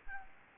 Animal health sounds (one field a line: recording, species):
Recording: mosquito wingbeat signal from an infrared sensor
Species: Anopheles gambiae